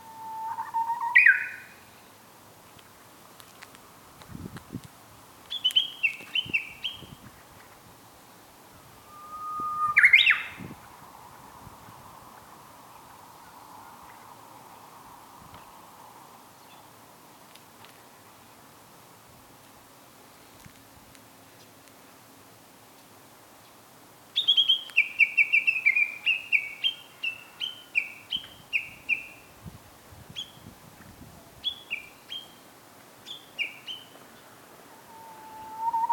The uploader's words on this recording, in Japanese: うぐいす2017年5月。